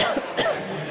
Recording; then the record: coughing mixed with background sound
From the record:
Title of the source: Coughing Woman Sound - Woman Cough Sound Effect